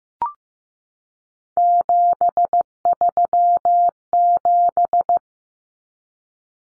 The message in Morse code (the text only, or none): 737